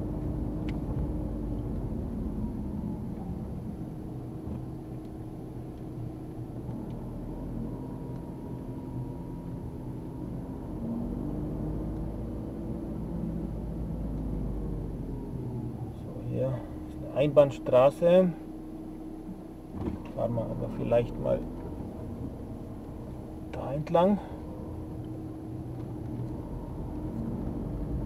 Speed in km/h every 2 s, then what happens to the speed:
27, 16, 15, 15, 16, 17, 19, 15, 6, 1, 10, 9, 10, 18.
0-17 slows to 1. 17-19 standing. 19-28 pulls away to 18.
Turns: none.